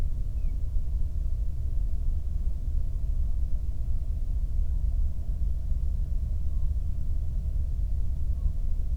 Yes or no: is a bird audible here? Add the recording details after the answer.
yes. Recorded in the Prudhoe Bay oil fields, Alaska, on 22 May 2019 at 01:08. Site 19